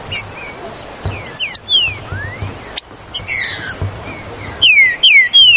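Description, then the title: Green-winged saltator singing short, clear whistled notes that slide downward, scattered among sharp clicks and brief chirps. "Trinca Ferro Ao Maximo Trinca Ferro"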